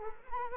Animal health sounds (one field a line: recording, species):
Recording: mosquito wingbeat signal from an infrared sensor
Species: Culex quinquefasciatus